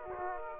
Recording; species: mosquito wingbeat signal from an infrared sensor; Aedes aegypti